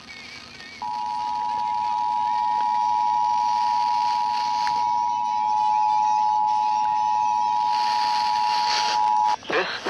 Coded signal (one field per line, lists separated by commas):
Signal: Emergency Alert System (SAME) tones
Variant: 853 and 960 Hz attention tone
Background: speech